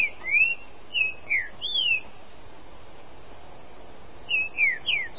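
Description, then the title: Green-winged Saltator giving rich, sliding whistles, a string of rising and falling notes, a quiet gap, then another quick run of whistled notes. "Trinca Ferro"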